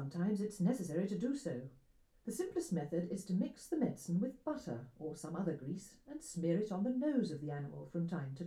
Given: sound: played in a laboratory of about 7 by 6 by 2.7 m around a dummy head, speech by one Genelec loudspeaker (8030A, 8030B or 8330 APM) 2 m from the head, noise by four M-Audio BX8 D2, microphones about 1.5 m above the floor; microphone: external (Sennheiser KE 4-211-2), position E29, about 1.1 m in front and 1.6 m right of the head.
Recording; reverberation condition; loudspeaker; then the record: female speech in English; low; 90 degrees to the right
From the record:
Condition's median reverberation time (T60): about 310 ms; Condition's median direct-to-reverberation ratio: about 3.5 dB